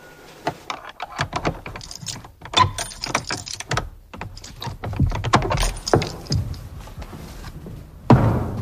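Keys jangle and rattle in a lock with a flurry of metallic clicks and knocks, followed by the clunk and scrape of the heavy wooden door of a historic Orthodox church (cerkiew) near Ustrzyki, Poland, swinging open, no voices.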